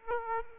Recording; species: mosquito wingbeat signal from an infrared sensor; Aedes aegypti